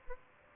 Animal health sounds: mosquito wingbeat signal from an infrared sensor; Aedes albopictus

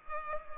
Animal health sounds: mosquito wingbeat signal from an infrared sensor; Culex pipiens

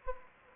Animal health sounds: mosquito wingbeat signal from an infrared sensor; Anopheles gambiae

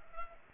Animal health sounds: mosquito wingbeat signal from an infrared sensor; Culex pipiens

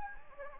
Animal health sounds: mosquito wingbeat signal from an infrared sensor; Anopheles gambiae

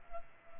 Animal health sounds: mosquito wingbeat signal from an infrared sensor; Culex pipiens

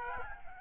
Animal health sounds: mosquito wingbeat signal from an infrared sensor; Aedes albopictus

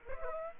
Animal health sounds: mosquito wingbeat signal from an infrared sensor; Aedes aegypti

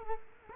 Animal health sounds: mosquito wingbeat signal from an infrared sensor; Culex quinquefasciatus

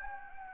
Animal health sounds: mosquito wingbeat signal from an infrared sensor; Anopheles gambiae

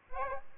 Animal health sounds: mosquito wingbeat signal from an infrared sensor; Aedes albopictus

